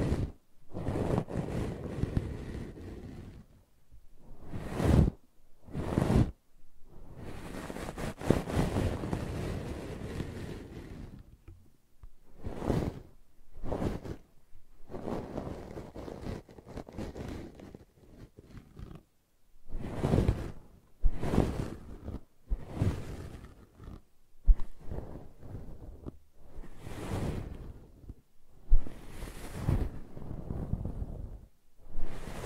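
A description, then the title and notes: Brushing and scratching, in uneven bursts of rough, rustling strokes separated by short pauses. Some passages are long and dense, around 1 and 8 seconds, while others are quick single swipes. The strokes have a deep, muffled body with a hissy top. ASMR Brushing and Scratching You to Sleep (No Talking).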